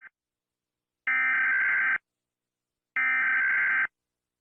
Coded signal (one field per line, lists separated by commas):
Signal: Emergency Alert System (SAME) tones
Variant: header bursts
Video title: rating eas alarms